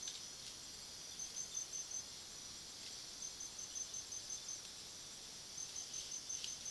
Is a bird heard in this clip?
no